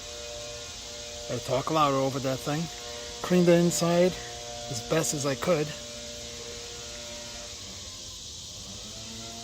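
A steel blade is handled on a refurbished Olsen OK gentleman's slip-joint folding knife, with its saved scales and cleaned inside, and worked against the backspring of its handle. Someone talks over a steady background hum. Nothing has snapped into place yet.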